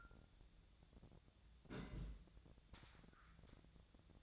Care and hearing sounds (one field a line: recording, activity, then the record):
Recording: daily activity, microphone in the room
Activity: place on stove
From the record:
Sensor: 3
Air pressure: 1000.0 hPa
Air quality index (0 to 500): 126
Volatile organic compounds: 2 ppm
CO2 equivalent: 1132 ppm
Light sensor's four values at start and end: 46/116/50/56 and 46/117/50/56